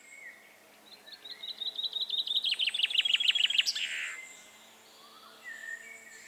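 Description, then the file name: Common chaffinch song, a bright series of notes dropping to a lower phrase and ending in a quick flourish, with faint calls of other birds before and after. "Fringilla coelebs"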